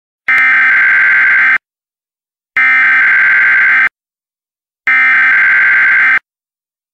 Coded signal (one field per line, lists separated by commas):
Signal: Emergency Alert System (SAME) tones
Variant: header bursts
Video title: EAS Tornado Warning (Ripley, IN County)